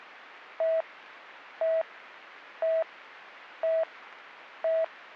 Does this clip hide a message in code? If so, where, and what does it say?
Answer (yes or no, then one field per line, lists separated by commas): no